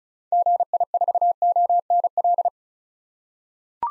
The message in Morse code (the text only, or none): GI4ONL